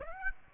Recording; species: mosquito wingbeat signal from an infrared sensor; Aedes aegypti